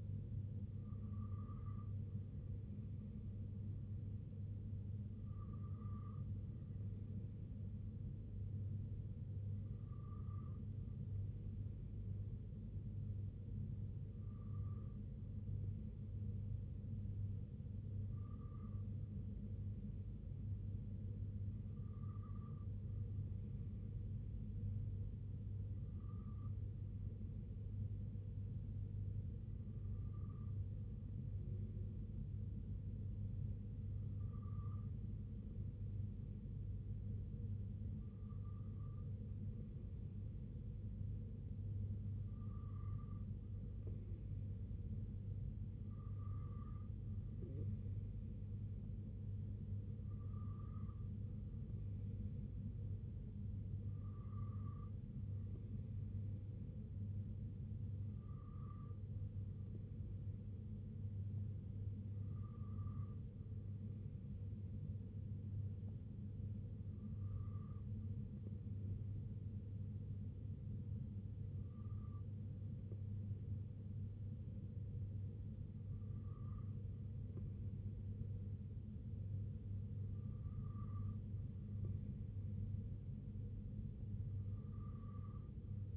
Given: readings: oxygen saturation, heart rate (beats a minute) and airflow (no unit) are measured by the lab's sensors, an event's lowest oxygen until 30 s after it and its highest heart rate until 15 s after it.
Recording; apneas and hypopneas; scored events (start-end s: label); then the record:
breathing in sleep by a smartphone at the bedside; none
37.00-85.97 s: new sleep stage, N3 (deep sleep)
From the record:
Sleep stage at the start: N2 (light sleep); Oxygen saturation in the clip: 92 to 93%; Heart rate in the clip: 64 to 69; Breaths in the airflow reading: 20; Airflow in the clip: -3.0 to 2.0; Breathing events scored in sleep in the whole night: 258 in 7.4 hours asleep